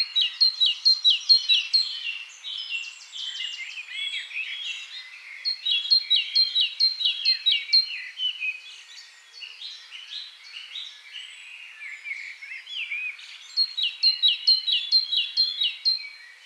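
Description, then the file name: Great tit calls: repeated rapid bursts of sharp, down-slurred notes, several seconds each, separated by quieter overlapping twitters and chirps. "Parus major"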